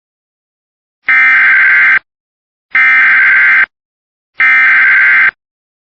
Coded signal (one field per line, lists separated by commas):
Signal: Emergency Alert System (SAME) tones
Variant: header bursts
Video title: EAS #20 / Flash Flood Warning for Riverside, CA (KPSR/NWS)